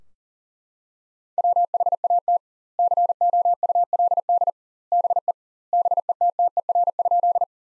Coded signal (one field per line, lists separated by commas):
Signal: Morse code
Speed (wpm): 40 wpm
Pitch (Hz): 700 Hz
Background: none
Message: WHAT COULD BE BETTER?